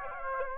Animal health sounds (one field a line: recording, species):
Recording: mosquito wingbeat signal from an infrared sensor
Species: Aedes aegypti